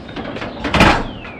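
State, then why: Seated. The metal folding entry stairs of a 2020 Coachmen Catalina Legacy Edition 293RLDS travel trailer are lifted up into the door frame and latched into their stowed position with a handle. Light knocks at 0.1 and 0.2 s lead to a loud metallic clunk at 0.7 s as the stairs lock into place, followed by a faint fading ring.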